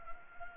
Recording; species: mosquito wingbeat signal from an infrared sensor; Anopheles gambiae